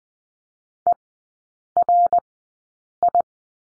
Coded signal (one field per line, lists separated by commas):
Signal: Morse code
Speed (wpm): 20 wpm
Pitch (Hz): 700 Hz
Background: none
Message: E R I